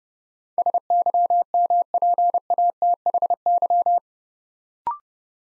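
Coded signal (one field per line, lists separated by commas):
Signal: Morse code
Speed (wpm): 30 wpm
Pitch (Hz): 700 Hz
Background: none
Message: SYMPATHY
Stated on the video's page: Beginner Morse practice building 8-letter words three letters at a time at 30 wpm, for instant character recognition.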